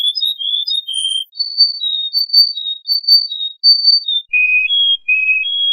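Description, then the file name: Canary song of clear, pure whistled notes in quick shifting phrases, some notes repeated, settling into lower, longer steady whistles near the end. "kenari"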